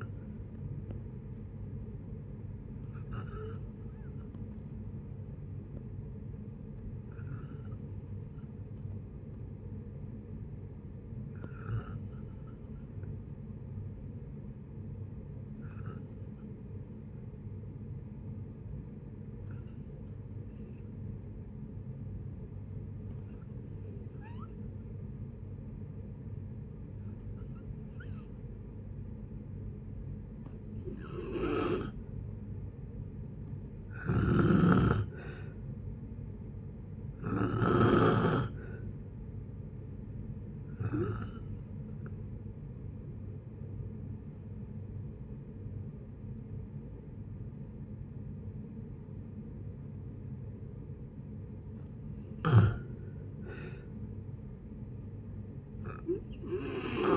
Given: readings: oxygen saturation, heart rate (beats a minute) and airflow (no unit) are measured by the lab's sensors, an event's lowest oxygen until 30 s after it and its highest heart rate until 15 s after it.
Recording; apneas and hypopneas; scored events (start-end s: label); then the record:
breathing in sleep by a smartphone at the bedside; 2
5.00-33.60 s: hypopnea (N2, oxygen 96% highest, then 87% lowest)
42.00-52.50 s: hypopnea (N2, oxygen 91% highest, then 90% lowest)
From the record:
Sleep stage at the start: N2 (light sleep); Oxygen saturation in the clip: 87 to 96%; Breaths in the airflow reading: 14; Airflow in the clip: -6.4 to 6.0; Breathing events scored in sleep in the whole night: 496 in 5.4 hours asleep